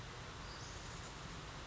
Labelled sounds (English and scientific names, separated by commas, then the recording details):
Western Flycatcher (Empidonax difficilis)
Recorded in Sonoma County, California